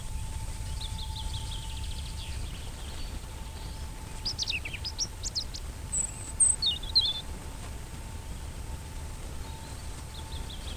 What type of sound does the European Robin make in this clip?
song